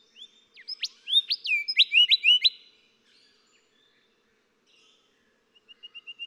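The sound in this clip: Golden whistler song, one rich whistled phrase finishing in quick ringing whip notes, followed by a quieter string of short repeated notes.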